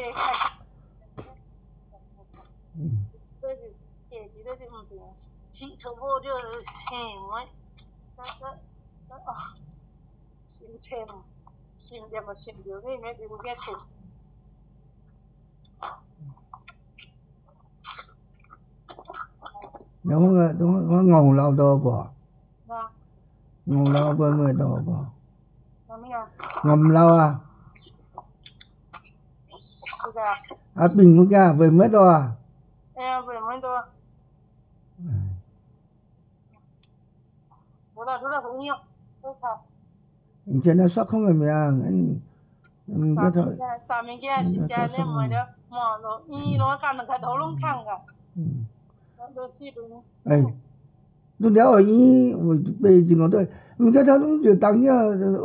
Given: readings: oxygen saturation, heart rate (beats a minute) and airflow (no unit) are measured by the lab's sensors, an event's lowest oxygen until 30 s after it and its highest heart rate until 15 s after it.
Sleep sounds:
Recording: a person awake in a sleep study, by a smartphone at the bedside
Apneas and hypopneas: none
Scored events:
0.00-55.45 s: awake
From the record:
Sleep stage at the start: awake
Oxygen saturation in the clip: 92 to 95%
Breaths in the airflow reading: 16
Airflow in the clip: -7.6 to 7.8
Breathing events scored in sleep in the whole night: 270 in 6.1 hours asleep

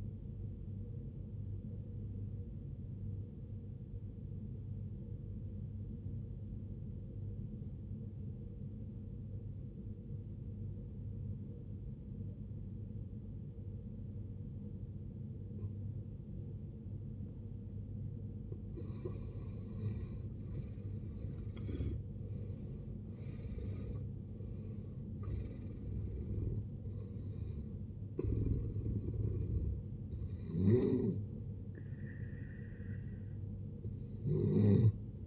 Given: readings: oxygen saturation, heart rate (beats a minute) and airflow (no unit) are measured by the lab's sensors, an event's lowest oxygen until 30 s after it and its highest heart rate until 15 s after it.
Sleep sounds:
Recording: breathing in sleep by a smartphone at the bedside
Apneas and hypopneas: 1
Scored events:
3.00-19.60 s: obstructive apnea (N1, oxygen 93% highest, then 79% lowest, heart rate 66 at the start, 77 highest)
From the record:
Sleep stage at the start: N1 (lightest sleep)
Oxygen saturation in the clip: 80 to 93%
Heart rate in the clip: 55 to 77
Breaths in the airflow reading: 4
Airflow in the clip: -15.3 to 17.7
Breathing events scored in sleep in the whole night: 389 in 6.3 hours asleep

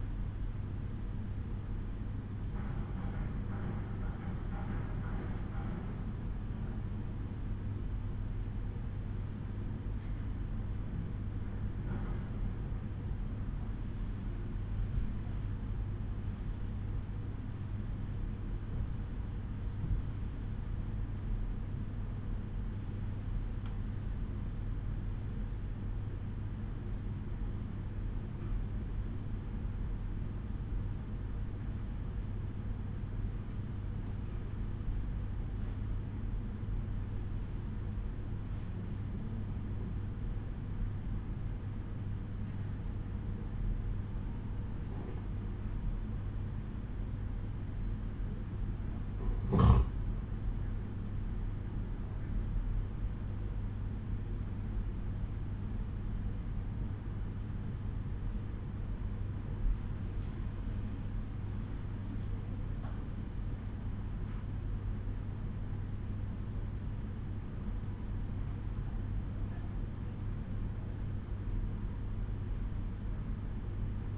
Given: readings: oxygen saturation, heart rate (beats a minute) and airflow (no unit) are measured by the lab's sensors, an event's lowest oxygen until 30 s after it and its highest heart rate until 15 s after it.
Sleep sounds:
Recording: breathing in sleep by a smartphone at the bedside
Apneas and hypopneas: 1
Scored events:
3.00-51.30 s: hypopnea (N1, oxygen 95% highest, then 90% lowest, heart rate 59 at the start, 67 highest)
9.00-39.00 s: new sleep stage, N2 (light sleep)
39.00-74.18 s: new sleep stage, N1 (lightest sleep)
From the record:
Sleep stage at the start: N1 (lightest sleep)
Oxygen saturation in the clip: 91 to 95%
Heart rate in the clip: 57 to 67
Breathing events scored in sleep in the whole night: 187 in 7.2 hours asleep

